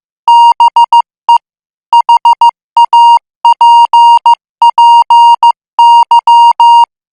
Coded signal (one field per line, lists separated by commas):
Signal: Morse code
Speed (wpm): 15 wpm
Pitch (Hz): 940 Hz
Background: music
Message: BE HAPPY